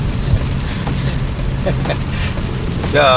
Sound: chuckles

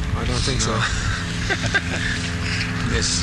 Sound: laughter

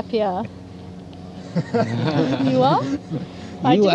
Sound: laughter

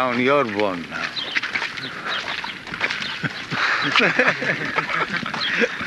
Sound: laughter

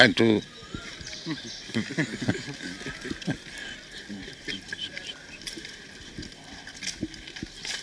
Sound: chuckles

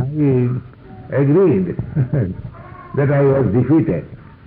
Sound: chuckles

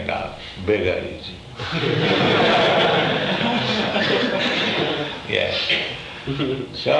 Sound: laughter

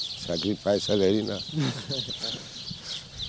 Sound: laughter

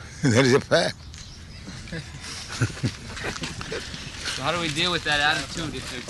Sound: chuckles

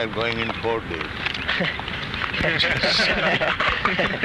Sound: laughter

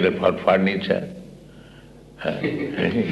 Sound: laughter

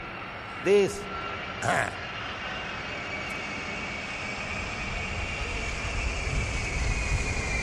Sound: airplane passing overhead

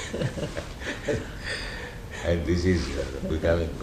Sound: laughter

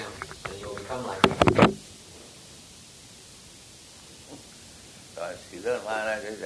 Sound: chuckling

